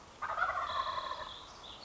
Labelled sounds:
Wild Turkey
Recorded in Sonoma County, California

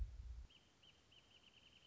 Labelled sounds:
Wrentit
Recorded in Sonoma County, California

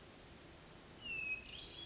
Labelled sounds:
Hermit Thrush
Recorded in Sonoma County, California

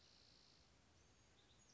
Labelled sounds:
Spotted Towhee
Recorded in Sonoma County, California

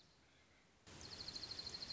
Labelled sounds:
Dark-eyed Junco
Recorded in Sonoma County, California

